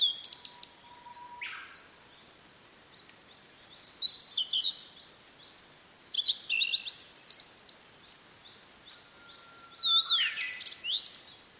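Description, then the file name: Blue-and-white flycatcher song: several phrases of high, quick slurred notes, some opening with a low, steady whistle that jumps up into them. "oruri"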